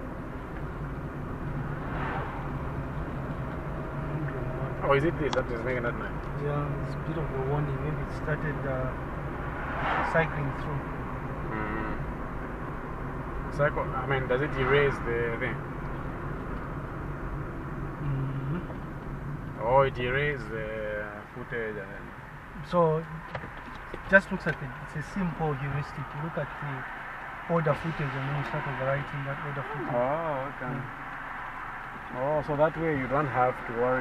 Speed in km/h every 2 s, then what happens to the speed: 34, 35, 39, 40, 43, 44, 43, 41, 38, 29, 19, 9, 7, 0, 0, 0, 0.
0-9 speeds up to 44. 9-26 slows to 0. 26-34 standing.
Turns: none.